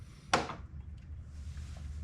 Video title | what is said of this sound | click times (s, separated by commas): NEW Electronics!! Cabosil tranducer | before it gets too tight I'm gonna bring it up you can hear it clicking on the teeth | 0.3 s